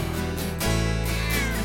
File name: cat fight